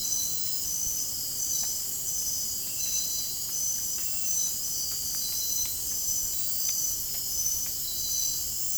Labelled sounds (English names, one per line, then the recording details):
none
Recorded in dense forest near Puerto Asís, Putumayo, Colombia, on 27 June 2025 at 23:00
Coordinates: 0.503, -76.323
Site G059